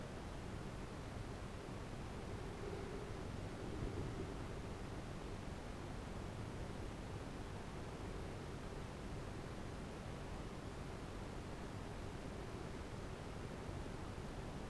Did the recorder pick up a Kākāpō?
no